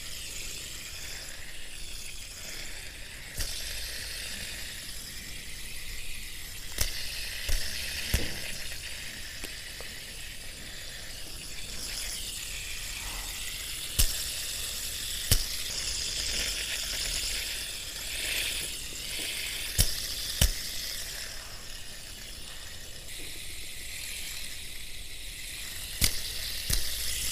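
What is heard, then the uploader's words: Fidget toys click and snap in scattered, irregular bursts, with sharp taps at about seven, fourteen to fifteen, twenty and twenty-six seconds. Between them a steady, bright hiss runs unbroken, with a soft low rumble underneath. ASMR Fidget Toys.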